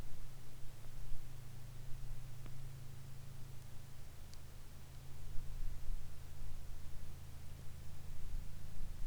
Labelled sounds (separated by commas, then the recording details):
rain, aircraft
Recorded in the Arctic National Wildlife Refuge, Alaska, on 22 July 2019 at 15:37
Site 41